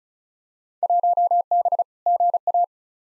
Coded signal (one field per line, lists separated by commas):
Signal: Morse code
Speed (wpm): 34 wpm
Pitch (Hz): 700 Hz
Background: none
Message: 1B GA